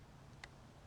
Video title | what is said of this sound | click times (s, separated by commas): PERFORMANCE MACHINE CONTOUR GRIP INSTALL - 2019 ROAD GLIDE SPECIAL | lift it up just a tad till you hear it click | 0.4 s